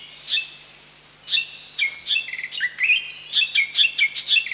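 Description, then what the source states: Spotted fantail giving high, sharp chips that give way to quicker runs of short slurred whistles. Recorded at Danum on 1 July 2008.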